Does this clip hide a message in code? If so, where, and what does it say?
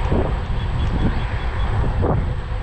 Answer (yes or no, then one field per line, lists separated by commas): no